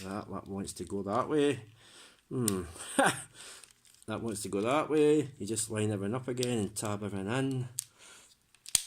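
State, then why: Seated. Someone talks while transforming a plastic Unique Toys R-01 Peru Kill (AOE Lockdown) robot figure, with faint handling ticks around 3.6–3.9 s. A part is pushed into its mating section and snaps in with a sharp, loud click at 8.8 s, seating the panel in place.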